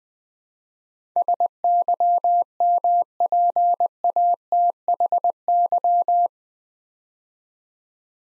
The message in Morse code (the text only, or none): SYMPATHY